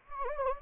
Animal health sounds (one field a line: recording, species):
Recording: mosquito wingbeat signal from an infrared sensor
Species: Anopheles gambiae